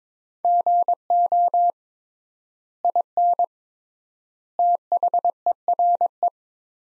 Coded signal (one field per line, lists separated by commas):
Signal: Morse code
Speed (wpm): 22 wpm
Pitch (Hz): 700 Hz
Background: none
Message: GO IN THERE